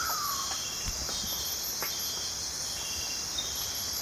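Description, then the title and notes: Insect chorus forms a constant shrill, layered drone, with a short falling note at the start and a few faint clicks. Deep in the Amazon rainforest at night, calm; constant, multi-layered, continuously changing piercing chorus. "Amazon rainforest - calm night. Deep in the Amazon rainforest at night there's fog drip, soft wind and occasionally deadfall. The piercing chorus of insects is constant, multi-layered and continuously changing"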